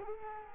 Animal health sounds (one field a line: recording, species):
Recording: mosquito wingbeat signal from an infrared sensor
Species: Culex quinquefasciatus